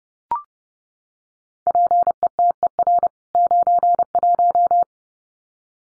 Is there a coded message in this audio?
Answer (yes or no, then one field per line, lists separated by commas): yes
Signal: Morse code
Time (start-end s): 1.7-4.8 s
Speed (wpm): 30 wpm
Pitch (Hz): 700 Hz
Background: none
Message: PETER 91